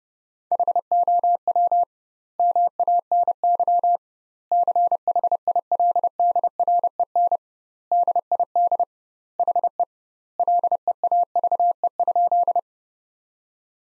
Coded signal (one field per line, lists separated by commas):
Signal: Morse code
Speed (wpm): 32 wpm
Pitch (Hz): 700 Hz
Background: none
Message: HOW MANY CHILDREN DID HE LEAVE?